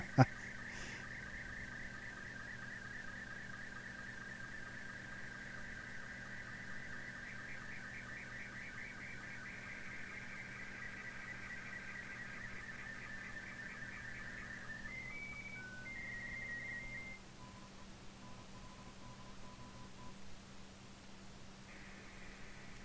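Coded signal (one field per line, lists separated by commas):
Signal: SSTV (slow-scan television)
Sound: warbling tone around 1.5-2.3 kHz with steady low hum, then brief ID tones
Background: electrical hum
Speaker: Now I'm transmitting SSTV over the air, and I'll just let it run through pretty quick because it's not very long, and you'll see it'll shut off when it's done. After it's done the CQ ID at the end, it just shuts off by itself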